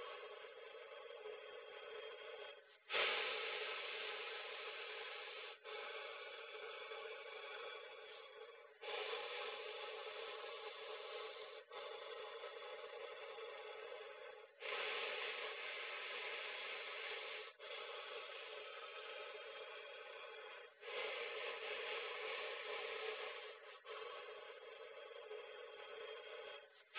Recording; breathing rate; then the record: paced breathing near a phone; 10 breaths a minute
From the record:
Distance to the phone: 20 cm